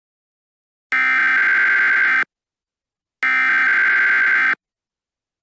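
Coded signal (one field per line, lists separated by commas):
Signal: Emergency Alert System (SAME) tones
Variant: header bursts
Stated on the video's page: Fictional EAS scenario; simulated alert, not a real broadcast.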